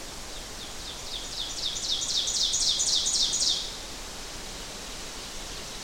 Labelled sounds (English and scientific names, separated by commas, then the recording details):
Ovenbird (Seiurus aurocapilla) song
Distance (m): 20 m
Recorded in boreal forest in Alberta, Canada, on 12 June 2016 at 06:56
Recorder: SongMeter 3, array SBT-3-18
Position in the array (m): 246 m, 95 m
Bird 31